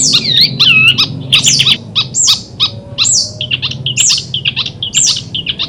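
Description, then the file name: Long-tailed shrike song: a varied string of whistled, looping and slurred notes, some rising then falling, interspersed with sharp clicks, quick and irregular. Simulated songbird contest held at a bird-keepers' gathering. "simulasi-lomba-cendet-gathering 4-omkicau"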